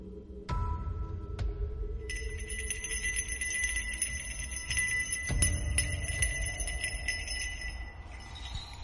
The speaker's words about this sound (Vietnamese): Ở trên cái bàn bỗng nhiên rung lên bần bật. Cái chuông của ông thầy cứ len ca len keng, nghe đến kỳ quái.